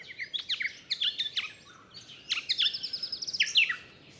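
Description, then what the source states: Yellow-faced honeyeater singing at dawn, quick groups of bright notes, many sliding down, over soft steady background noise. Awakening song at daybreak, start of a dawn chorus, ocean in the distance; Booderee National Park, south-east coast of Australia, 27 November 2015; Nomad recorder, cardioid MKH8040 microphone.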